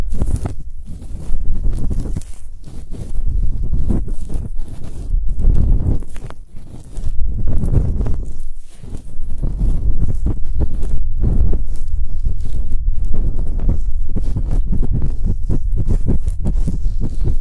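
Ear cleaning with assorted sticks, heard as muffled scraping and rubbing. Deep thumps and swishes come in uneven waves every second or so, with crackly scratchy bursts layered on top and no quiet gaps throughout.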